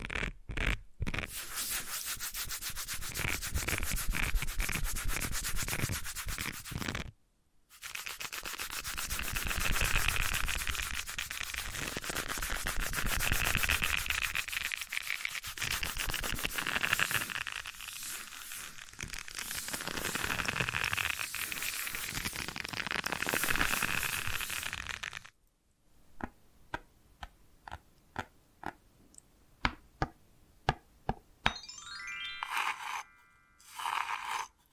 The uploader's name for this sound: Invisible Tapping, Scratching, Tracing